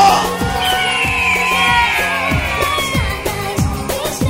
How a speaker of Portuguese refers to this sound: olha o grito da galera aqui, ó!